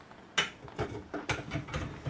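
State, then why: Seated. A metal accessory arm is pushed into a welded attachment socket on a fishing chair frame as the chair accessories are swapped over. A sharp metallic clink at 0.4 s marks the arm locking into place, followed by further lighter metallic clinks and rattles.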